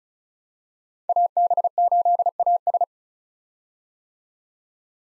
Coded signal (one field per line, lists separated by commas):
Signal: Morse code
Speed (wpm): 36 wpm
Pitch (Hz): 700 Hz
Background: none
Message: AB8AS